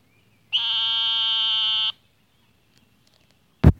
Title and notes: Eastern Narrowmouth Toad by Christie Mullen